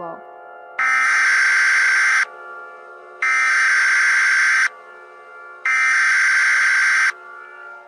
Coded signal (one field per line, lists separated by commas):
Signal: Emergency Alert System (SAME) tones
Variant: header bursts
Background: speech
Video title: The Davli Planet Final Part (EAS Scenario) Fanmade @SolarBalls And @overdrivejared